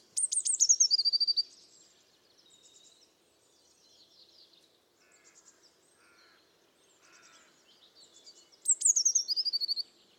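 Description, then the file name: Eurasian blue tit calls: a high, rapid stutter of sharp notes falling into a buzzy trill, repeated at the end; faint other bird notes between. "Cyanistes caeruleus"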